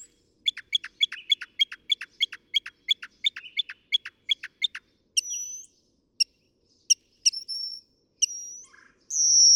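Northern mockingbird song: a fast series of repeated sharp chips, followed by separate high, thin whistles and squeaky notes in quick variety.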